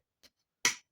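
The two plastic halves of an audio cassette shell are pressed back together after cleaning, one half into the other. A faint tick sounds at about 0.2 s, then a sharp, bright click at 0.7 s that quickly decays. The shell halves snap together and seat.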